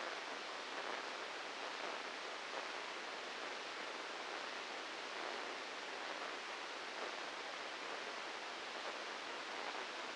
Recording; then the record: brain microelectrode recording played as sound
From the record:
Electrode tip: inside the subthalamic nucleus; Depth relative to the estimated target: -3 mm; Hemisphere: right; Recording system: NeuroSet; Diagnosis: Parkinson's disease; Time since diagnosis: 8 years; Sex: male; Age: 59 years